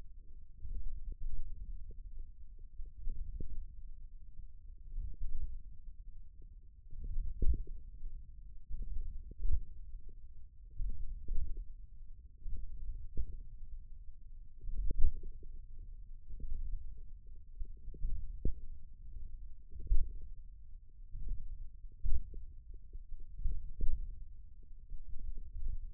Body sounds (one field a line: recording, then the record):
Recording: forearm muscle sounds (acoustic myography)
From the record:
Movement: index flexion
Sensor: system 1, eight BSWA MPA416 microphones around the upper forearm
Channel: 6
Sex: male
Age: 28 years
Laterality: right